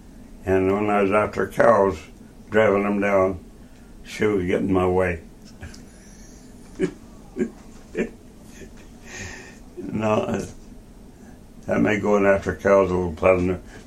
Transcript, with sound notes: When I was after the cows, driving them down, she would get in my way. [laughter] That made going after cows a little pleasanter.